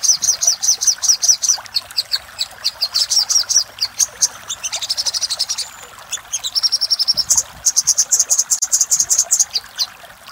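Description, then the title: Little spiderhunter song: extended streams of rapid, high chipping, pausing briefly and changing to buzzier trills before resuming the fast series. Song of the little spiderhunter in the 'labaik' variant, used for training cage birds. "Masteran Burung Sogok Ontong Labaik"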